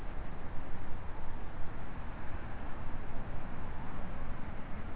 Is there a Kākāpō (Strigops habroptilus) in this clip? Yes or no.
no